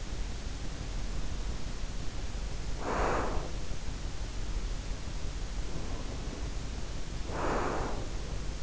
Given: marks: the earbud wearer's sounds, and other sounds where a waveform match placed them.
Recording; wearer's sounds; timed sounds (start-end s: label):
sounds in sleep by an in-ear microphone; breath
0.58-3.63 s: breath
5.42-8.63 s: breath